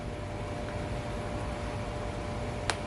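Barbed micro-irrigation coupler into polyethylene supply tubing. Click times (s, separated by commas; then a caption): 2.7 s. A plastic barbed micro-irrigation coupler is pushed into a freshly punched hole in polyethylene irrigation tubing, over a steady broadband hum. It goes in once, and a second push brings a short, sharp click at 2.7 s. It then gets a slight pull back for a snug, seated fit.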